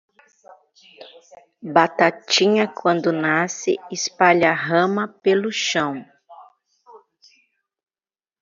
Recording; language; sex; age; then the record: short text; Brazilian Portuguese; female; 40 to 49 years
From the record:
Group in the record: control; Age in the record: 45 years